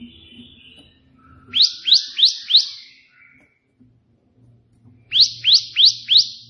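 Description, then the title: Prinia: four sharp slurred chirps in quick succession, a pause, then another set of four, with a soft low hum underneath. Prenjak putih song with three shooting-style variations (tembakan), intended as tutor song (masteran) for pet prinias. "3 VARIASI TEMBAKAN prenjak putih ini COCOK untuk masteran prenjak anda"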